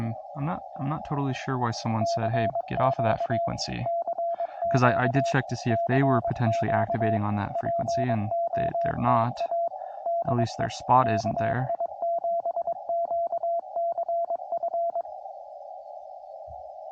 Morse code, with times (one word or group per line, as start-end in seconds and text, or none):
2.0-3.5 CQ
3.9-5.3 CQ
5.7-7.2 CQ
7.6-9.7 POTA
10.1-10.7 DE
11.0-15.0 KI7QCF